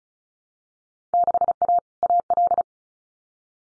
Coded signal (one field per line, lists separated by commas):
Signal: Morse code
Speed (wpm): 36 wpm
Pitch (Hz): 700 Hz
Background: none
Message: 6A AL